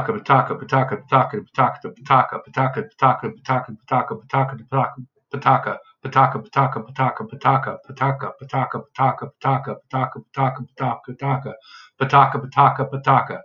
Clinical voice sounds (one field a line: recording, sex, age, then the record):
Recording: repeated syllables /pa ta ka/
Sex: male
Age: 40 to 49 years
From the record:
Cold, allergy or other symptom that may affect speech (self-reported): no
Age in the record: 49 years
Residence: New York, United States